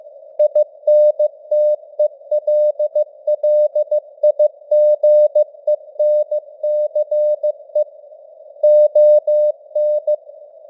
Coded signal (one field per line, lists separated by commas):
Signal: Morse code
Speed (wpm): 15 wpm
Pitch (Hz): 600 Hz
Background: none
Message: INTELLIGENCE ON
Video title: Morse Code News | 2025-11-07 | 15wpm